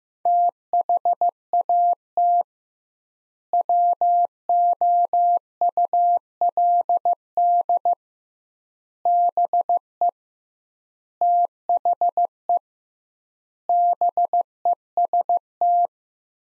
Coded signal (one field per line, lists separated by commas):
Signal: Morse code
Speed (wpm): 15 wpm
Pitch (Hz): 700 Hz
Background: none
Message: THAT WOULD BE THE BEST